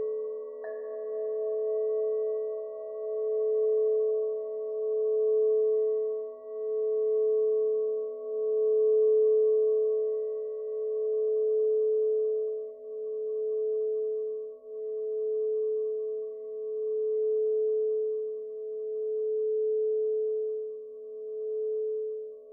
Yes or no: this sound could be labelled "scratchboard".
no